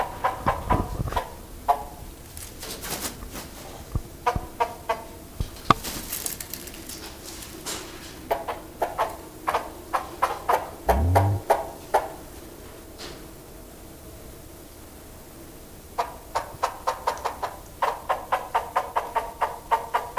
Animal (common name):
Von Der Decken's Hornbill